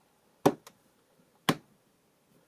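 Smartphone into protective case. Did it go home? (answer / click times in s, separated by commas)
yes / 1.5 s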